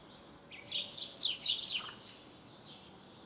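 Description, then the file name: House sparrow giving a short cluster of sharp, quick chirps, several in a row, then quieter ones against a soft hiss. "Passer domesticus"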